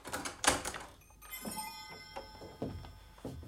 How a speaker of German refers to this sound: Er arbeitete, bis ihn ein Klopfen am Werkstattfenster aufschauen ließ. Draußen stand sein Freund, der Mechanikermeister Bernbacher.